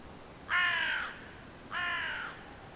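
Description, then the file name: Carrion crow giving two harsh, hoarse caws, each about half a second long with a short gap between, over quiet background. "Corvus corone"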